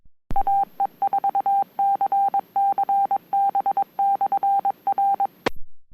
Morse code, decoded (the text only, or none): AE4CC B/R